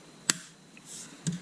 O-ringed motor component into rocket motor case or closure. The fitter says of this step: they're not making that easy but it's snapped into place